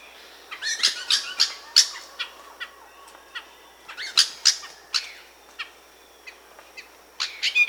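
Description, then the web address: Red-crowned ant-tanager giving harsh, scratchy chattering notes in irregular bursts, some grouped in quick runs, with a faint steady insect tone behind. Recorded in Peru, in the Amazon. "Natures Songs S America Birds of the Amazon Red-crowned Ant-Tanager (Habia rubica), Peru"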